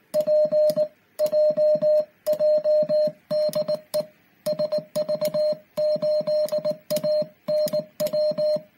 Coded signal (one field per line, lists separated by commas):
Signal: Morse code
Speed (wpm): 18 wpm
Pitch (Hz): 610 Hz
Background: music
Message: PJJ DE SV8ANW